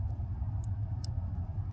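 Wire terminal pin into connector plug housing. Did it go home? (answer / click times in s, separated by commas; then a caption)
yes / 0.6 s, 1.0 s. A red wire's terminal pin is pushed into the next slot of a connector plug housing while adding paddle shifters to a manual M4. Two sharp, bright clicks at 0.6 s and 1.0 s, the second louder, stand out over a steady low hum. The pin locks fully seated in the housing.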